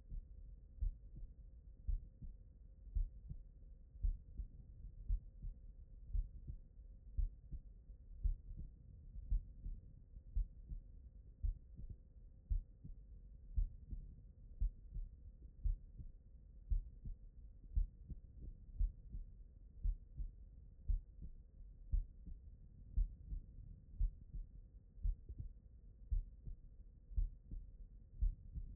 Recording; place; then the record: heart sounds by stethoscope; pulmonary valve (PV)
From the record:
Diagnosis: non-HFrEF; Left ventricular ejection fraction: 72%